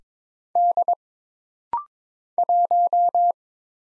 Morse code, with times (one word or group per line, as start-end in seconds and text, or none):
0.6-0.9 D
2.4-3.3 1